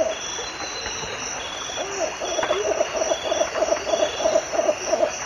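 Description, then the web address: Zigzag heron giving a fast series of short hooting notes, about three a second and growing louder, over a steady high insect trill. Eastern lowlands of South America. "Natures Songs S America Eastern Lowlands. Zigzag Heron"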